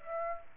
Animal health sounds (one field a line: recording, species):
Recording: mosquito wingbeat signal from an infrared sensor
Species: Aedes aegypti